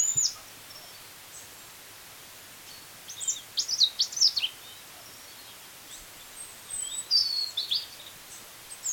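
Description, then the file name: European robin song: sparse, faint, high thin notes and two short sliding phrases over a steady background hiss. "Erithacus rubecula"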